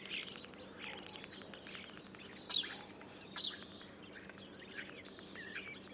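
Common starling producing rapid clicks, thin high whistles and squeaky notes, with two sharp louder calls near the middle and a constant low hum behind.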